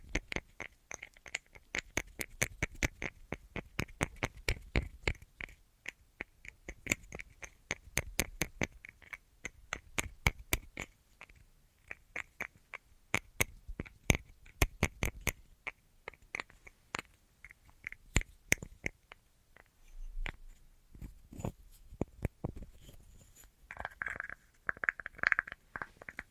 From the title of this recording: Tapping Assortment